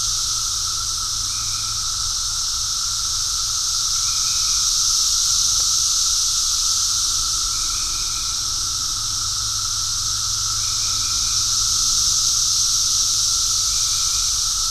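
Cicadas in a sustained shrill chorus that rises and falls gently in waves, with brief faint chirps every few seconds and a low hum.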